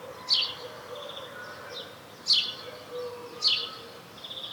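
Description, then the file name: House sparrow chirps: three sharp chirps spaced by irregular gaps, with softer sounds between. "Passer domesticus"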